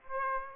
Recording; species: mosquito wingbeat signal from an infrared sensor; Aedes aegypti